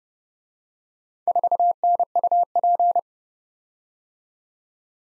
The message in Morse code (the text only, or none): 4NUP